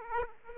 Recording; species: mosquito wingbeat signal from an infrared sensor; Aedes aegypti